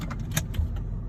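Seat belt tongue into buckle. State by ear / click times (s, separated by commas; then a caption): seated / 0.4 s. In a 2007 Jaguar XKR Coupe, the driver pushes the seat belt tongue into the buckle, and it latches with a sharp click at 0.4 s. Two fainter clicks follow at about 0.5 s and 0.8 s over a low, steady rumble from the car. The belt is buckled.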